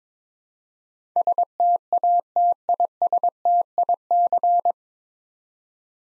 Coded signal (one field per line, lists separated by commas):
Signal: Morse code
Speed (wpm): 22 wpm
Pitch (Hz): 700 Hz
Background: none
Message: STATISTIC